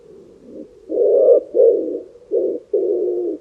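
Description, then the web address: Bird call made of low, muffled coos: a faint opening note followed by four louder, throaty coos in quick succession. "cianscape. Deverinetal. Bird Only"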